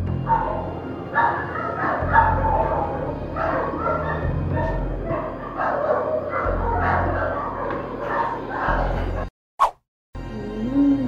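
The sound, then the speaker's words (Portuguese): Several dogs bark over one another in a steady, overlapping chorus of loud, sharp woofs. It breaks off for a moment into a brief silence and a sharp knock, then the barking resumes. “Agora a maldição dos cachorros.”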